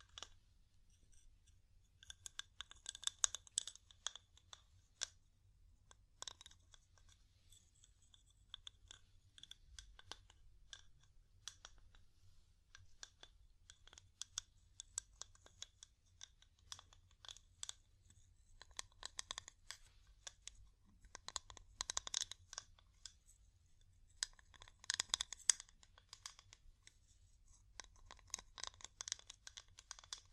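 Wood tapping comes as dense clusters of quick, crisp clicks and light scratches, bright and dry, with brief quieter gaps around 5 and 15 seconds. The busiest stretches fall near 3, 10 and 20–30 seconds. A low, steady hum runs underneath throughout.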